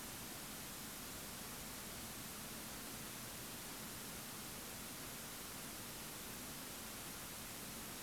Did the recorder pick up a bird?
no